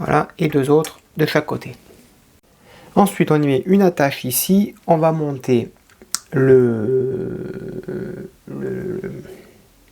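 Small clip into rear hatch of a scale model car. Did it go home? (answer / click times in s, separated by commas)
no / none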